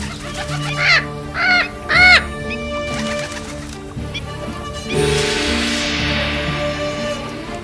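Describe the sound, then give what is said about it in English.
A bird attacking gives three loud, harsh squawks in quick succession, followed by a few fainter cries and then a rushing, noisy flurry like frantic wingbeats. “I have never known a bird to behave like this, ever.”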